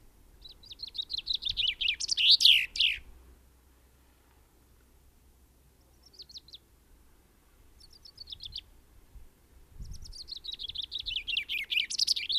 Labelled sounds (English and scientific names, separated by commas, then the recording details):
Common Chaffinch (Fringilla coelebs)
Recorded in the wild
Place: Ehrwald, Tirol, AT
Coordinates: 47.4261, 10.4911
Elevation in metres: 1213
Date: 1969-04-05
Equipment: Nagra
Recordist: Tretzel, Erwin
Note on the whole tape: Obermoos, Ehrwald: Gesang mit Rufen